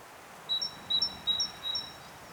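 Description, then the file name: Great tit giving a bright two-note phrase four times in quick, even succession, a lower note followed by a higher one, with faint background noise. "Parus major"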